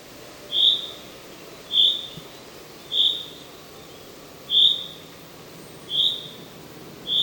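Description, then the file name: Common chaffinch calls: short, clear whistled notes repeated about every second and a quarter, six notes over a faint steady background hiss. "Fringilla coelebs"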